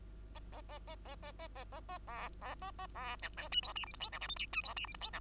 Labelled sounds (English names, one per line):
Bengalese Finch song